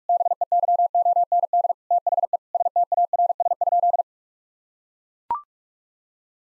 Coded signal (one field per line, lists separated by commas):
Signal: Morse code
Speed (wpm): 41 wpm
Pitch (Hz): 700 Hz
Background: none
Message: BEYOND THE STARS?